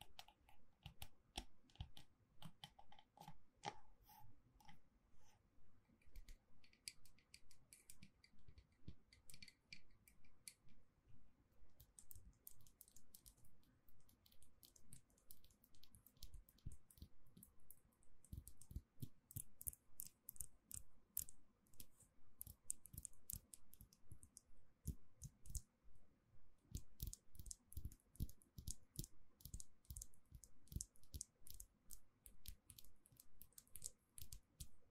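Gentle tapping continues for the whole stretch as quick, dense runs of light, crisp taps, clicky like typing on a keyboard. The pace is fast and uneven, thinning out around the middle before growing busier again near the end. A faint low hum sits underneath.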